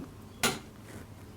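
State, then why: Torque reached. A torque wrench set to 100 ft-lb is pulled on the propeller nut of a Bravo 3 sterndrive outdrive until it clicks. A single sharp, bright click at 0.4 s stands out clearly over a low background hum. The click confirms the nut is tightened to the setting.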